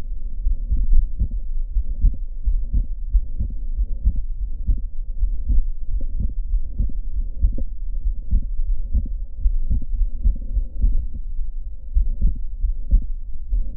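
Heart by stethoscope over the pulmonic area of a middle-aged man with mitral valve prolapse and severe mitral regurgitation, possibly from ruptured mitral chordae tendineae. The murmur is barely audible; in place of the second heart sound, three and sometimes four sounds are heard, a multicomponent second heart sound.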